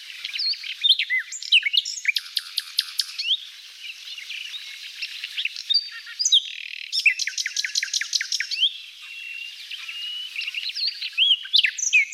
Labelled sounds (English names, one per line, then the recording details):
Common Nightingale song
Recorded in the wild
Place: NSG Taubergießen / Reg.-Präs. Freiburg im Breisgau, Baden-Württemberg, DE
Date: 1989-05-23
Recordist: Schwarz, Dieter